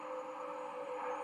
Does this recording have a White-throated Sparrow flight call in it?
no